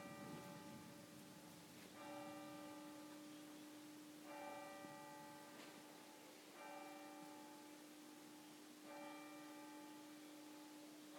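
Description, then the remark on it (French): A church bell tolls slowly and evenly, about five strokes a couple of seconds apart, each one blooming into a long, shimmering hum that lingers between strikes. No voices. “On se sert des cloches de l'église, par exemple, et on revient à notre respiration.”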